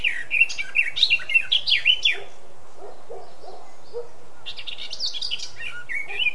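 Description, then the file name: Eurasian blackcap song: rapid warbled phrases of high, twisting notes, with a pause, then another burst; a few lower, softer notes underneath midway. "Sylvia atricapilla"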